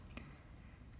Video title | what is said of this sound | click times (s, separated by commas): Samsung Galaxy Watch Ultra Trail Band (10 Things to Know) | and there was a little click there | 0.2 s